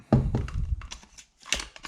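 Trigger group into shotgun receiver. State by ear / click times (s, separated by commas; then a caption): not seated / none. A reassembled trigger group is pushed down and into a Benelli Vinci shotgun receiver, meant to rock and lock in, giving short thunks and scraping around 0.1, 0.5, 0.9 and 1.5 s as the group moves. The group fails to seat, and nothing has seated or clicked yet.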